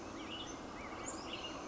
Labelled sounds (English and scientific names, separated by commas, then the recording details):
Western Tanager (Piranga ludoviciana)
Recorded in Sonoma County, California